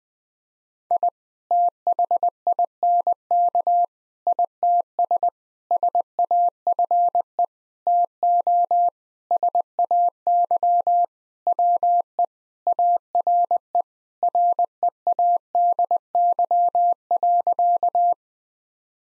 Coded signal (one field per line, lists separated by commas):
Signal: Morse code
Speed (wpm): 20 wpm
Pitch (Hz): 700 Hz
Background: none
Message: I THINK ITS SAFE TO SAY WE ARE READY.